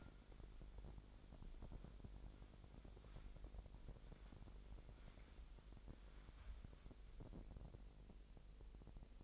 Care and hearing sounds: daily activity, microphone in the room; wipe stove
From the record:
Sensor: 5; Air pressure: 1001.0 hPa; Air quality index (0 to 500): 246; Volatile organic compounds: 34 ppm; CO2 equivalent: 3040 ppm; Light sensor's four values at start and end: 29/66/27/25 and 29/66/27/25

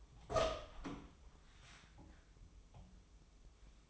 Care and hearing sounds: daily activity, microphone in the room; open door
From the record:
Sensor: 1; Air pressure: 1004.9 hPa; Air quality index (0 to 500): 73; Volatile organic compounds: 1 ppm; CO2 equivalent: 971 ppm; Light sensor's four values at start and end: 9/23/9/10 and 10/24/9/10

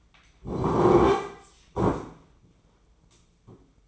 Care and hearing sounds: daily activity, microphone in the room; sit down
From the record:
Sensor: 1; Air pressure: 996.0 hPa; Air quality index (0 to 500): 237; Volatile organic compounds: 1000 ppm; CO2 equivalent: 6895 ppm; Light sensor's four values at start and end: 34/84/36/43 and 35/87/37/45

